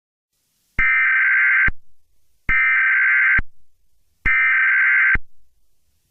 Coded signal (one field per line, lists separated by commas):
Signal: Emergency Alert System (SAME) tones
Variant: header bursts